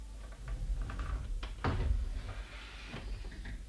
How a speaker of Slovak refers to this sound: Otvor dvere maľované. Nenechaj ma takto darmo klopkať na ne.